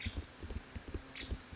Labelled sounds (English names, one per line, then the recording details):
Nuttall's Woodpecker
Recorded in Sonoma County, California